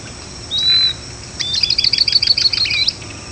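Bird calls: one clear whistled note, then a rapid series of about a dozen sharp high chirps over a second and a half.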